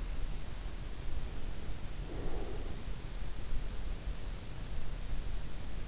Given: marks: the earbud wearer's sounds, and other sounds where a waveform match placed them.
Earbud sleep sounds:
sounds in sleep by an in-ear microphone; breath
1.99-2.87 s: breath

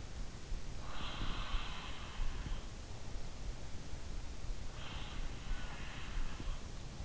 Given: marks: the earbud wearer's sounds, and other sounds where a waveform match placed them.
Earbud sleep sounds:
sounds in sleep by an in-ear microphone; breath
0.39-2.96 s: breath
4.47-7.05 s: breath

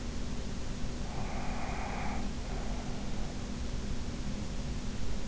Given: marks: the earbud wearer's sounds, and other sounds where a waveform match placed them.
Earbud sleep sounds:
sounds in sleep by an in-ear microphone; breath
1.08-3.37 s: breath

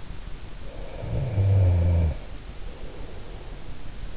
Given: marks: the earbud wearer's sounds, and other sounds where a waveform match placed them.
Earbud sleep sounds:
sounds in sleep by an in-ear microphone; snoring breath
0.83-3.45 s: snoring breath

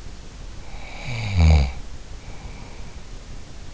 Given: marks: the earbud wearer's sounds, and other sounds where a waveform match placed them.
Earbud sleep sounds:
sounds in sleep by an in-ear microphone; snoring breath
0.57-3.12 s: snoring breath

